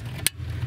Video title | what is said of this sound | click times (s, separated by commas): MM4x4's Automate - Installed - Very detailed | a press fit you'll hear that click there | 0.3 s